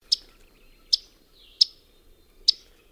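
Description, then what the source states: Yellow-rumped Warbler giving sharp, dry chip calls, four separate notes spaced a little under a second apart against a quiet background. Call likened to an annoyed math teacher tisking at her class; an abundant spring migrant.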